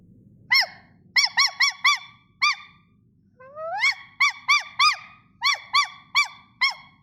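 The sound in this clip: Dog: puppy yelps: short, high, arched squeals, about fifteen across seven seconds, with a soft low rumble underneath.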